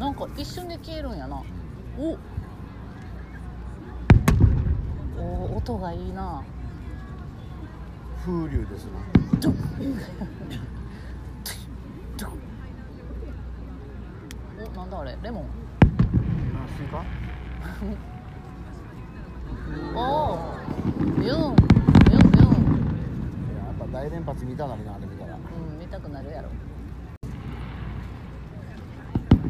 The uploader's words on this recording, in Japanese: 花火大会。花火の音とみんなのざわざわ音。